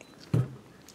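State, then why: Seated. A steel extractor is popped into a Glock pistol slide while the spring-loaded plunger is pushed down, locking it in place. A sharp click at 0.3 seconds is followed by a brief low resonant ring, with only faint ticks around it. The extractor seats and locks into the slide.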